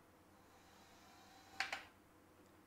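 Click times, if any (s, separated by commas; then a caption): 1.6 s. The fingers of a JACO assistive robotic arm are extended all the way for calibration over a quiet, steady background hum. A slight click sounds at 1.6 s, followed by a softer second click at 1.7 s as the fingers reach their fully extended stop, and the fingers are confirmed calibrated.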